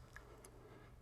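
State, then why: Seated. A metal sliding fireplace screen on a Renaissance Rumford fireplace is lifted upward by both handles in the fireplace frame. A sharp click at 0.2 s marks the screen locking into its raised position, followed by a fainter, brighter tick at about 0.5 s over a low steady hum. The screen is seated and locked in the raised position.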